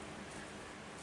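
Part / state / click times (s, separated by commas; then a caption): demand lever pin into second stage regulator / not seated / none. The pin of the demand lever on a Scubapro G250 scuba second stage regulator is handled after being moved away from the camera, ahead of being snapped into its seat. Only a steady, even broadband hiss is heard, with no distinct impacts. Nothing has seated or clicked yet.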